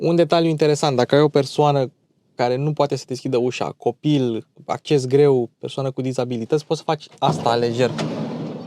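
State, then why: Not seated. Someone talks while the sliding side door of a VW Caddy van is pushed open lightly. Broadband rushing noise rises near the end as the door slides toward its open detent. Nothing has latched or clicked into the open position yet.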